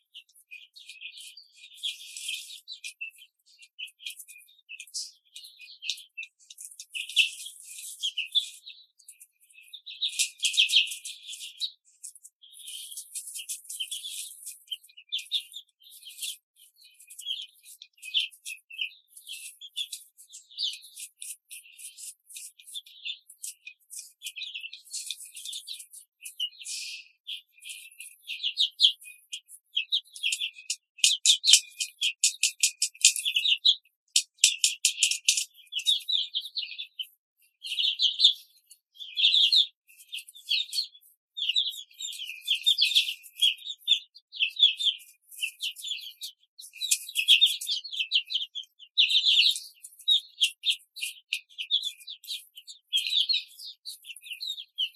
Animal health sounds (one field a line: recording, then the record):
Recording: young laying hens in a cage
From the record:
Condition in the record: control cage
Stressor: none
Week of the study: 5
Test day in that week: 1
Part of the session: 3